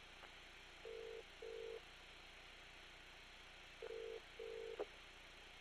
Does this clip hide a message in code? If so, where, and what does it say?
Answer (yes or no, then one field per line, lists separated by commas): no